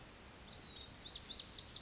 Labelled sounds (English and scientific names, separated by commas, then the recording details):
Lazuli Bunting (Passerina amoena)
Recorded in Sonoma County, California